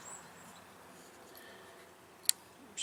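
The bolt stop latch on a steel Mauser receiver is operated to take the rifle bolt out, giving one sharp click at 2.3 s over quiet background noise. The bolt is released from the receiver.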